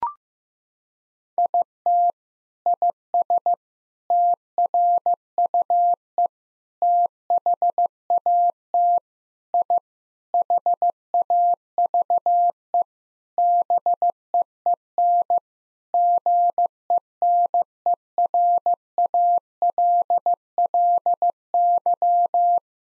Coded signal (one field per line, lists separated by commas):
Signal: Morse code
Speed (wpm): 16 wpm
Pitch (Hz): 700 Hz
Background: none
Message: IT IS TRUE THAT I HAVE BEEN GENERALLY